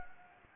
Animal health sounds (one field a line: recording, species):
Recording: mosquito wingbeat signal from an infrared sensor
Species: Anopheles gambiae